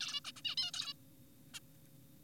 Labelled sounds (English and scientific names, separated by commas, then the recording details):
Zebra Finch (Taeniopygia guttata)
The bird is an adult
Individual g4p5U